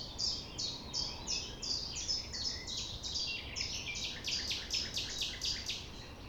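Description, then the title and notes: Common nightingale singing a series of sharp descending notes over constant low rumbling background noise. Recorded at 6 A.M. at sunrise near the Thève river, Champ de Ménage; the nightingale sings without waiting for silence. "6 A.M. Lever du soleil non loin de la Thève au Champ de Ménage. Le rossignol n'attend pas le silence."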